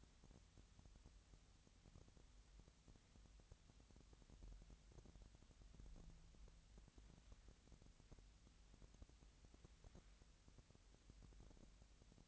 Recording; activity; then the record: daily activity, microphone in the room; wipe stove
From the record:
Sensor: 3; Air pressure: 1003.2 hPa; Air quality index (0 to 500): 198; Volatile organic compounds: 6 ppm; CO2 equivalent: 1931 ppm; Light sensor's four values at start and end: 12/29/12/13 and 12/29/12/13